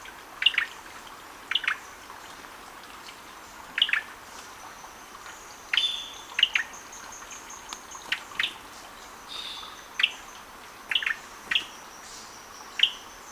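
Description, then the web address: Gray-breasted wood-wren calling, short bright notes repeated at irregular intervals, with a faint thin high whistle running through the background. Lower subtropical zone, Ecuador. "Natures Songs S America Birds of Ecuador Gray-breasted Wood-Wren (lower subtropical)"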